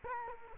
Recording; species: mosquito wingbeat signal from an infrared sensor; Culex quinquefasciatus